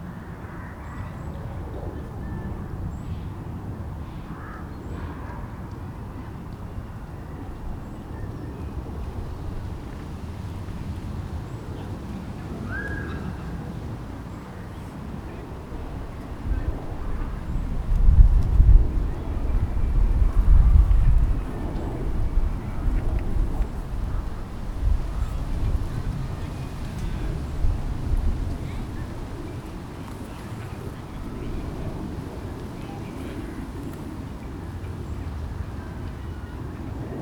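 Families fill a park while children try out new bicycles, heard as a steady low rumble of outdoor activity with faint voices. The sound swells between about 17 and 28 seconds, with brief bumps and knocks, then settles back to a calmer, even murmur.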